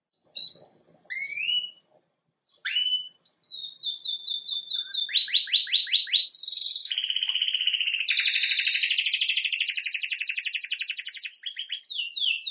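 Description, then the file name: Canary song: opening upswept whistles, then repeated quick notes, a run of falling sweeps, a bright burst and long fast rolling trills. "Canary Voice"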